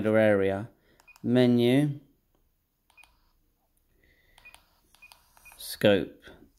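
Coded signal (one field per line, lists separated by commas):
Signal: none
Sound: radio menu button beeps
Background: speech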